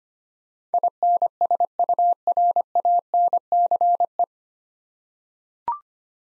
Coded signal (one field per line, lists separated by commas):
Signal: Morse code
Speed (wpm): 25 wpm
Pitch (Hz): 700 Hz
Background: none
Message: INSURANCE